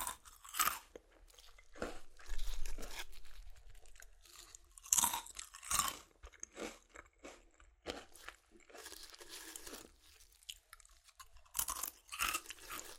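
Crunchy chips being crushed and eaten, with sharp, bright crackling bursts that come in irregular clusters. The loudest crunches land around two, five to six, and twelve seconds, with quieter rustling and softer chewing crackles filling the gaps between them.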